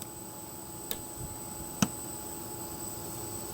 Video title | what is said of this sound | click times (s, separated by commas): 2012-2018 Lexus ES: How to Install Apple Carplay Conversion Kit by Hamilton Motor Company | make sure both of these yellow Clips snap into place firmly | 0.9 s, 1.8 s